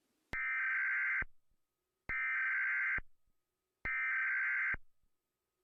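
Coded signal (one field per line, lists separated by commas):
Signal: Emergency Alert System (SAME) tones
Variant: header bursts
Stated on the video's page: Simulated EAS nuclear attack alert, meant to accurately recreate what television and radio would air.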